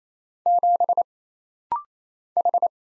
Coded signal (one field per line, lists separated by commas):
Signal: Morse code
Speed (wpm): 27 wpm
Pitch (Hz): 700 Hz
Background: none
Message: 7 H